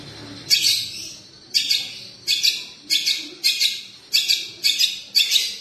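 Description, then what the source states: Long-tailed shrike: several rasping, buzzy high bursts, about half a second to a second apart, given in an uneven rhythm with brief quiet between them. Song style named kombinasi (combination song).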